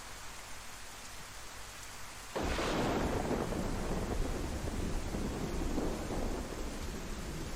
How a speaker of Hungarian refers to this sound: Esküszöm, ijesztőbbek ezek a vihar hangok.